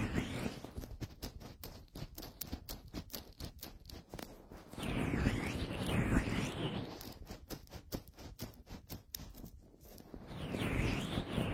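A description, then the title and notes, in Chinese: Oily hands rub both ears, with rapid wet clicks and squelches and broader, smoother rubbing swells around five and eleven seconds. 精油揉搓双耳。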